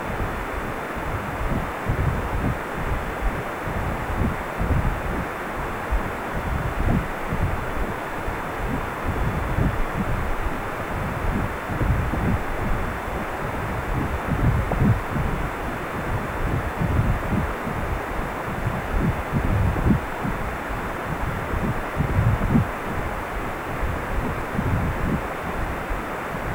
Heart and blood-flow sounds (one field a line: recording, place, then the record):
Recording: Doppler ultrasound of blood flow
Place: precordium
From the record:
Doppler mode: continuous wave and pulsed wave in the uncut recording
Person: healthy adult, 18 to 50 years, no heart murmur, not diving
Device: 2.5 MHz transducer